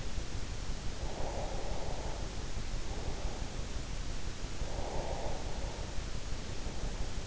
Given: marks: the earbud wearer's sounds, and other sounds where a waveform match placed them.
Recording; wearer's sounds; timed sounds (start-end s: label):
sounds in sleep by an in-ear microphone; breath
0.99-3.94 s: breath
4.59-7.27 s: breath